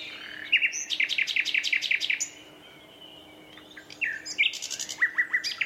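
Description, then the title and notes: Common nightingale gives a loud run of repeated sharp notes, pauses, then returns with slurred whistles and a few descending notes. Two males in a competitive duet at dusk in a dense thorn thicket, north Dorset countryside woodland; a tractor mowing the year's first silage nearby. "An astonishing nightingale duet in a Dorset woodland. In a dense thicket of thorn, a single nightingale starts to sing - drowning out the tractor mowing the year's first silage. Its performance attracts the attention of another male, who moves in closer and soon a competitive duet fills the night"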